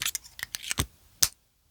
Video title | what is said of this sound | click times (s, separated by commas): A Great EDC Pocket Pen - Pilot Prera Fountain Pen Review | and that satisfying little click noise let me get on the microphone | 1.2 s